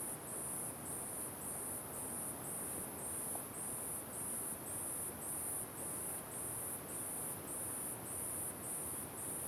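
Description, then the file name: Cricket giving a very high, thin trill in regular pulses, with a broad hiss of wind below. Very high-pitched cricket recorded in closed forest during strong wind. "Grilo Muito Agudo em Mata Fechada com Vento Forte"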